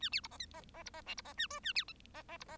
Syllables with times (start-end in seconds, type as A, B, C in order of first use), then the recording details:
0.00-0.09 A, 0.12-0.21 B, 0.23-0.28 C, 0.30-0.38 D, 0.39-0.46 E, 0.53-0.61 D, 0.74-0.83 D, 0.85-0.90 C, 0.93-1.01 D, 1.06-1.14 F, 1.17-1.21 C, 1.24-1.33 D, 1.37-1.47 A, 1.50-1.60 G, 1.63-1.73 A, 1.75-1.84 B, 1.88-1.93 H, 2.14-2.23 D, 2.28-2.37 D, 2.40-2.45 C, 2.48-2.57 D. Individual Bird1